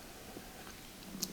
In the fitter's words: and I just have to press in on these tabs to release them and you can hear them click